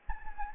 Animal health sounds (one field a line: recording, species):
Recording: mosquito wingbeat signal from an infrared sensor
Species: Anopheles gambiae